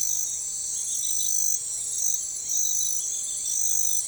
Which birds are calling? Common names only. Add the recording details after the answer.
none. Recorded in forest near Pivijay, Magdalena, Colombia, on 15 April 2023 at 02:00. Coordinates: 10.467, -74.380. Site Z5-G034